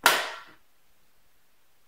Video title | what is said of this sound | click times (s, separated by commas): Shark Rocket Ultra Light HV382 Stick Vacuum | see snaps back in it | 0.1 s